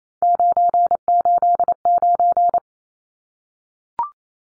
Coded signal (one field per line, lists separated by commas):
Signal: Morse code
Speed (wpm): 28 wpm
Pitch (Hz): 700 Hz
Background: none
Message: 989